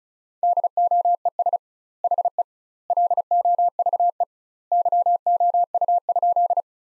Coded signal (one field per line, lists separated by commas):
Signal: Morse code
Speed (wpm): 34 wpm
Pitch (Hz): 700 Hz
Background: none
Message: DOES HE LOVE YOU?